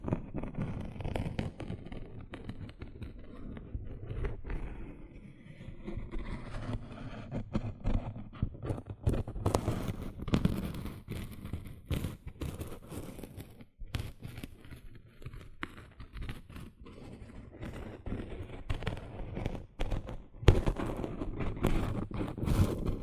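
Gentle scratching sounds run through the whole stretch, a dense, irregular scrape with many quick clicks and ticks scattered across it. The texture stays fairly low and soft, with brief pauses near the middle and a busier, crisper burst of scratches toward the end.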